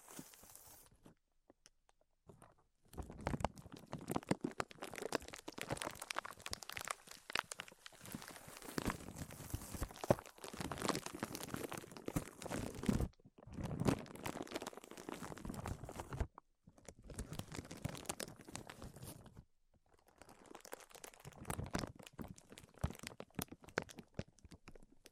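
Tapping, scratching and tracing on a surface, made of dense bursts of crackly, crinkly scraping with rapid tapping clicks throughout. The activity comes in stretches separated by short silent gaps near 1–3, 13, 16 and 19–20 seconds. Louder scratchy passages surge around 10 and 14 seconds.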